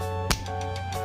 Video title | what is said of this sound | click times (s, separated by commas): Tutorial Memasang Kabel Straight | bunyi klik pada RJP temanya sudah | 0.3 s